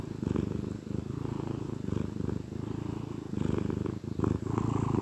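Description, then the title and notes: Cat giving a low throbbing purr that swells and fades with each breath. Gentle purrs of a contented cat. "Cat Cafe Purr-Finale. the gentle purrs of a contented cat"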